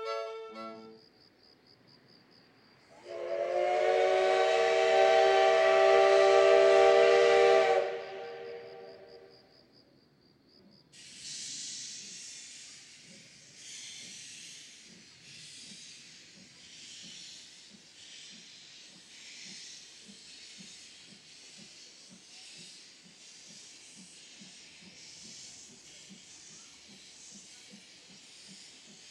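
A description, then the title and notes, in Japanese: A steam locomotive hauling a passenger train. A loud, shrill whistle blasts from about three to eight seconds, then the engine chuffs away in rhythmic hissing puffs that repeat steadily, with a low rumble of wheels underneath and a faint high tone throughout. 真岡鐵道を走るC11 325牽引の「SLもおか」です。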